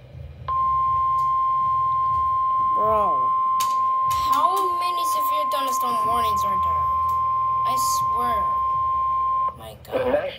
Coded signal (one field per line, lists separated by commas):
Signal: Emergency Alert System (SAME) tones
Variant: 1050 Hz attention tone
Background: speech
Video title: Another Another Severe Thunderstorm Watch On NOAA Weather Radio Including Many Warnings